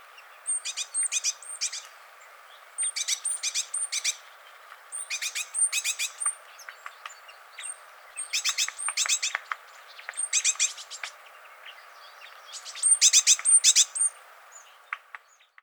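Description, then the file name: Great tit song: several bursts of rapid, high, repeated notes with short pauses between, over a soft background hiss. "Parus major"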